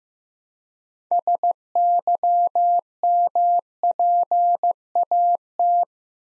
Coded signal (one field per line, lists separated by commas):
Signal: Morse code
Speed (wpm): 15 wpm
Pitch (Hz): 700 Hz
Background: none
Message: SYMPAT